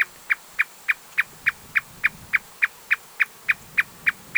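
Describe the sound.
Marsh Tapaculo call: a steady series of short, sharp notes repeated about three times per second, evenly spaced throughout, over a quiet background.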